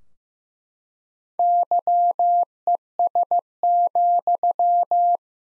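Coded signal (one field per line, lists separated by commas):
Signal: Morse code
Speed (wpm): 16 wpm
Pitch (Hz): 700 Hz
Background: none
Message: YES,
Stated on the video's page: Practice sentences from the top 500 words at 15 WPM with 3x word spacing, a Farnsworth-like method applied to words.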